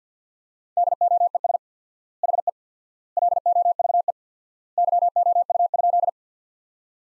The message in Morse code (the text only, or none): DOES HE LOVE YOU?